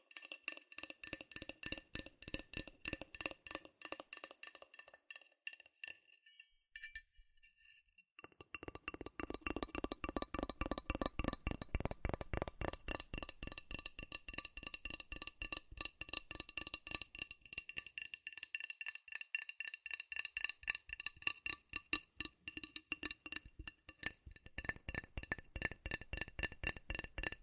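Fast, furious tapping on metal, a dense run of sharp clinking strikes with a bright ringing edge. The tapping pauses briefly around seven seconds, then resumes louder and busier, with some fuller, heavier hits near ten and fifteen seconds.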